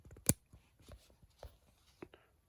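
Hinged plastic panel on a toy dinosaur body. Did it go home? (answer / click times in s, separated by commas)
released / 0.3 s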